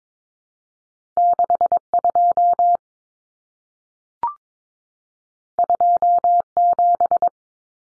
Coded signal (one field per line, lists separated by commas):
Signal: Morse code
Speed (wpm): 22 wpm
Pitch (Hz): 700 Hz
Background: none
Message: 62 27